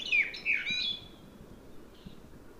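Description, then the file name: Common blackbird song fragment: a brief burst of fluty warbled notes with a squeaky high twitter, fading into quiet background hiss. "Turdus merula"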